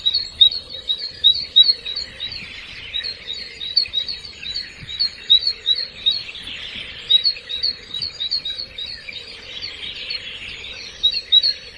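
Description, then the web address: Birds giving rapid, high, thin chirps in a near-continuous stream. Recorded at ancient Roman baths in Rome. "anasyn caracalla thesis H 01 birds"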